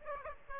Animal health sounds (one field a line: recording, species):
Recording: mosquito wingbeat signal from an infrared sensor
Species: Aedes aegypti